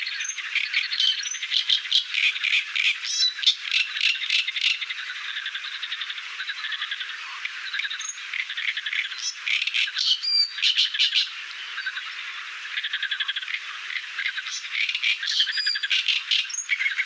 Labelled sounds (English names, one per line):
Great Reed Warbler song